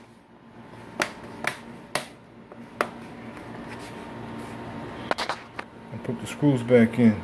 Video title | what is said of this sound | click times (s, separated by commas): Asus TP500L Laptop Hard Drive Replacement | Line it up with the holes, press it down until you hear the snaps. | 1.0 s, 1.5 s, 1.9 s, 2.8 s, 5.1 s